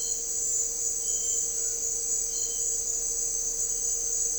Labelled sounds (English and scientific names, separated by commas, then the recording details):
none
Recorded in dense forest near Puerto Asís, Putumayo, Colombia, on 4 March 2025 at 17:30
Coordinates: 0.467, -76.328
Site G041